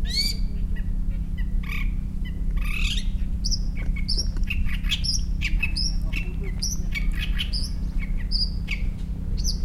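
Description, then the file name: Long-tailed shrike calling: short whistled notes and sharp chirps in irregular bursts over a steady low hum. "shrike-long-tailed -Lanius-schach"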